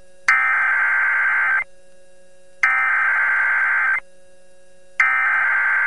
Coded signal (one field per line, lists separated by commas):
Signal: Emergency Alert System (SAME) tones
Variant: header bursts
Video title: EAS Timeline December Midwest Derecho Rips Through Siouxland (Sioux City, IA) NOAA Weather Radio